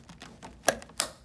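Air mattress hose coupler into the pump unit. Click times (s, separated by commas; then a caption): 0.7 s, 1.0 s. The two-pronged air hose coupler of a Salute RDX alternating pressure / low air loss mattress is pushed onto the air pump unit, bottom prong first and then the top, after a few faint taps and rustles. A sharp click at 0.7 s seats the bottom prong, and a louder click at 1.0 s seats the top prong, securing the coupler in place.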